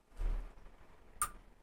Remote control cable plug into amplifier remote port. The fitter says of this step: మనకైతే లాక్ అయిపోయింది చూసుకోవచ్చు ఇది మనకైతే లాక్ అయింది.